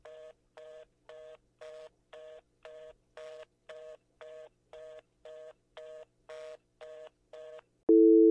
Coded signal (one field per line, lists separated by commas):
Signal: telephone call progress tone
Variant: North America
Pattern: reorder tone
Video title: EAS Scenario: Tiny Pop Shutdown